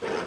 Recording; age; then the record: pig call; piglet (1 to 25 days)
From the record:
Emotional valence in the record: positive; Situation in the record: huddling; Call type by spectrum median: low-frequency call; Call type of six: low-frequency stable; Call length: 0.27 s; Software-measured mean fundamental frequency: 61 Hz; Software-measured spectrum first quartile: 430 Hz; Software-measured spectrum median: 731 Hz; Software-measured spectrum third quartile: 1610 Hz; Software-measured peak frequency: 454 Hz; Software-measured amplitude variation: 118 dB a second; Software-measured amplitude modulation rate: 24.4 a second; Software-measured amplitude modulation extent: 4.9 dB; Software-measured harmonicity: 1.0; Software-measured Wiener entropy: -0.95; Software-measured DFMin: 809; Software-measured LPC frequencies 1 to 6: 508, 1307, 2477, 5199, 6167, 7748 Hz